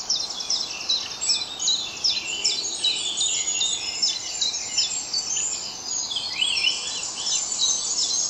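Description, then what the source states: Birds filling the air with a thick chorus of high twittering and chirping notes, steady hiss behind. Dawn chorus at dawn.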